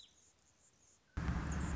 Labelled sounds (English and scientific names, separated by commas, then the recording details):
Anna's Hummingbird (Calypte anna)
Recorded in Sonoma County, California